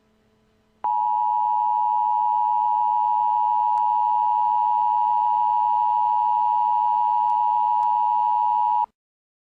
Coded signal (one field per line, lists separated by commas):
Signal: Emergency Alert System (SAME) tones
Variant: 853 and 960 Hz attention tone